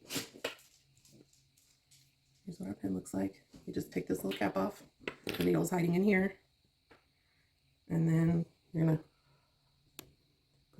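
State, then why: Seated. Someone talks while a prefilled plastic injector pen, its cap taken off with the needle hidden inside, is pressed against the skin to start the dose. The pen gives a single sharp click at 10.0 s as the injection starts, and the dose takes about 10 seconds from that click.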